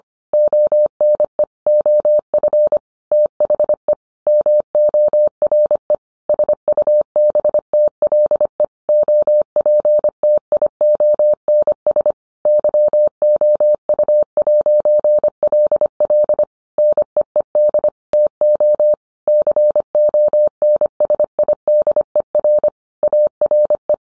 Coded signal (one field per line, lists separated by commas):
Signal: Morse code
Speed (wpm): 25 wpm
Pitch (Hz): 600 Hz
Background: none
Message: ONE OF THE MORE SUBTLE OPTIONS YOU'LL NEED TO CONSIDER ARE